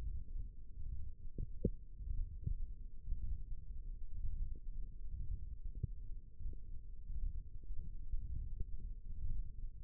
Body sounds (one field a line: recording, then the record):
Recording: forearm muscle sounds (acoustic myography)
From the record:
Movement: radial deviation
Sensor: system 1, eight BSWA MPA416 microphones around the upper forearm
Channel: 2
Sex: male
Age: 21 years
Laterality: right